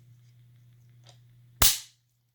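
A needle-free hyaluronic pen, already unlocked, is pressed so its spring firing mechanism releases the stored spring pressure against a steady low hum with a faint tick near 1.1 s. The mechanism fires with a loud, sharp snap at 1.6 s that quickly fades, leaving the cocked pen spring released and the pen unloaded.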